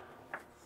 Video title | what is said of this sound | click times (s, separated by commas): Why we designed our own retractable landing gear | and then they come up and lock in the up position that click you hear is another locking action | 0.3 s